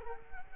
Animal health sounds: mosquito wingbeat signal from an infrared sensor; Culex quinquefasciatus

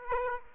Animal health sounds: mosquito wingbeat signal from an infrared sensor; Aedes aegypti

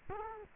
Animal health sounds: mosquito wingbeat signal from an infrared sensor; Culex quinquefasciatus

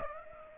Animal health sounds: mosquito wingbeat signal from an infrared sensor; Aedes aegypti

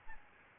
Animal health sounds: mosquito wingbeat signal from an infrared sensor; Aedes albopictus

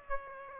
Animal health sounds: mosquito wingbeat signal from an infrared sensor; Aedes aegypti

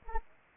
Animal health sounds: mosquito wingbeat signal from an infrared sensor; Culex pipiens

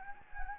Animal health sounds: mosquito wingbeat signal from an infrared sensor; Anopheles gambiae

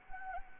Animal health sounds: mosquito wingbeat signal from an infrared sensor; Anopheles arabiensis

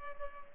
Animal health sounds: mosquito wingbeat signal from an infrared sensor; Culex pipiens

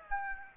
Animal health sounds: mosquito wingbeat signal from an infrared sensor; Aedes aegypti

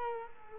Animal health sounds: mosquito wingbeat signal from an infrared sensor; Culex quinquefasciatus

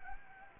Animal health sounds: mosquito wingbeat signal from an infrared sensor; Anopheles gambiae

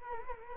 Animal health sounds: mosquito wingbeat signal from an infrared sensor; Culex quinquefasciatus

